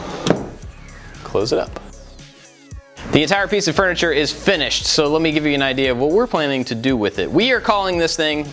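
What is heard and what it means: The knob on a locking drawer slide in a furniture cabinet is pushed down to release the lock so the control panel can slide back into the cabinet, with a single sharp click at 0.3 s. A faint thump follows near 2.7 s, and then someone talks. The slide is released.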